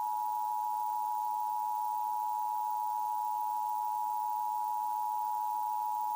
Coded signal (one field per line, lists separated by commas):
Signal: Emergency Alert System (SAME) tones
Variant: 853 and 960 Hz attention tone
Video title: Classic EAS Mock: 7/29/08 - Illinois